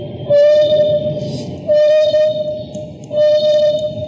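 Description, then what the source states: African wild dog giving long, even hoo-like howls, three drawn-out tonal notes spaced about one and a half seconds apart, with low rumbling noise underneath. Captive animal in a zoo, separated from the rest of its pack for medical treatment, howling mournfully.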